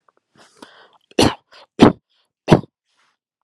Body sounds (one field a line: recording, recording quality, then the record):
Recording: shallow voluntary cough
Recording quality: excellent, no background noise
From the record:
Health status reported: healthy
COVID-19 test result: not tested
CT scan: not taken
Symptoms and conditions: none ticked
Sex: male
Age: 42 years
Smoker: no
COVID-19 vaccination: one dose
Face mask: not worn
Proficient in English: yes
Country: India